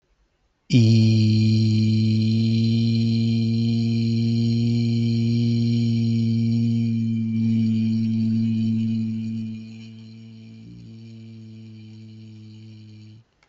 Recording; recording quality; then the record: sustained vowel as in beet; excellent, no background noise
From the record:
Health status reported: healthy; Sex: male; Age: 59 years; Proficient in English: yes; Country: India